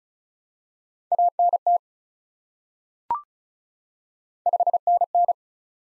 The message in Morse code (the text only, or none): ANT 5NN